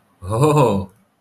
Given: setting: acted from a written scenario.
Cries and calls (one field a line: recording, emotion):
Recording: vocal sound without words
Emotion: fear